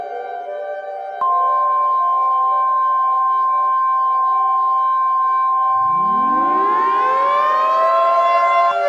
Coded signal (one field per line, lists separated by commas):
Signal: Emergency Alert System (SAME) tones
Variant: 1050 Hz attention tone